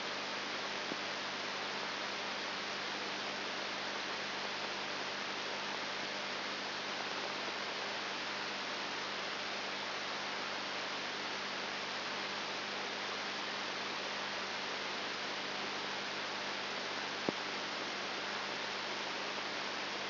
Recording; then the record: brain microelectrode recording played as sound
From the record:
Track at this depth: outside the subthalamic nucleus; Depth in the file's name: 6.5 mm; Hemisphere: left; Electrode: 3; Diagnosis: Parkinson's disease